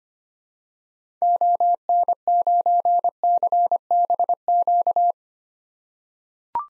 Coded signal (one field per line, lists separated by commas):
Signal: Morse code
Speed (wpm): 25 wpm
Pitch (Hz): 700 Hz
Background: none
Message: ON9CBQ